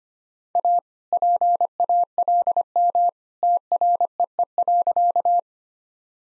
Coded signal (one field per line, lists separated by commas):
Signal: Morse code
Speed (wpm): 25 wpm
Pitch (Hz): 700 Hz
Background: none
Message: A PALM TREE.